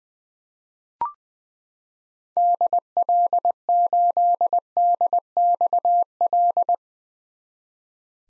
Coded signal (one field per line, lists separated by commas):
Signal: Morse code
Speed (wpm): 21 wpm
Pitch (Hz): 700 Hz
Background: none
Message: DL8DXL